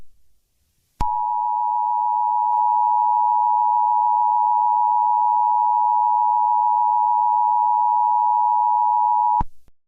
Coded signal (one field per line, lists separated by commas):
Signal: Emergency Alert System (SAME) tones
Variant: 853 and 960 Hz attention tone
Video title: EAS Scenario: The Blood Moon Nightmare #easscenario #bloodmoon